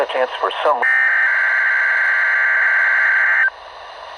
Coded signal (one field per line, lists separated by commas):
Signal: Emergency Alert System (SAME) tones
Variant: header bursts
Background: speech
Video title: RWT | EAS #21